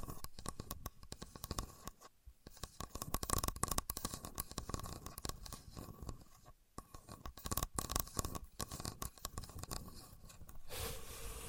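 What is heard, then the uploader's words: A contour gauge is handled, its pins clicking and scraping in a dense, rapid rattle that runs almost continuously. Brief pauses break it near two and six and a half seconds. Near the end the clatter gives way to a steadier brushing hiss. A Contour Gauge. No Talking.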